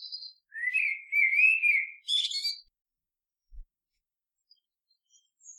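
Bird song: a rising, wavering whistled phrase with a buzzy trill at its end, followed by near silence with a faint tap.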